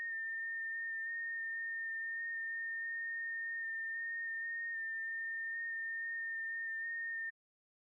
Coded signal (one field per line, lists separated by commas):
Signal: FT8